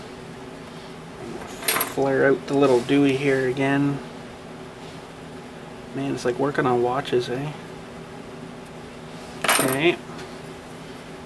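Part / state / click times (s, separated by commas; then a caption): small metal terminal going into its housing / not seated / none. A small metal terminal from a Frontier snow blower is handled after a little tab on it is flared out again, in preparation for pushing it into its housing. Someone talks over faint metallic ticks, with a brief sharp sound at about 1.7 seconds. The clip ends before the terminal goes home, so nothing has seated or clicked yet.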